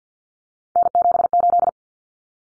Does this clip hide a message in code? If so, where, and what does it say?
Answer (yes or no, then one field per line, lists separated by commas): yes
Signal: Morse code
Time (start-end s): 0.8-1.7 s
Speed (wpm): 50 wpm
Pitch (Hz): 700 Hz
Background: none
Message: N78